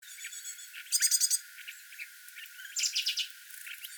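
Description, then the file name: Great tit with two quick series of about five rattling, buzzy notes, separated by quieter scattered chips. "Parus major"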